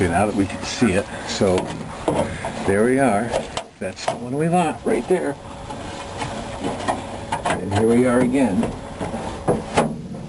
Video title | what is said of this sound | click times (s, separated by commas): How to Install Car Headliner - Part 1 (Bow-Type) 1970 Chevelle | see it just snaps right in the position | 9.5 s, 9.8 s